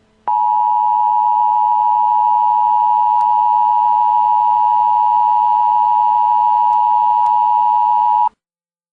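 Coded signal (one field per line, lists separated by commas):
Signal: Emergency Alert System (SAME) tones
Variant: 853 and 960 Hz attention tone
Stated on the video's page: Fictional EAS mock-up with Civil Danger Warning and Civil Emergency Message generated by EAS message programs.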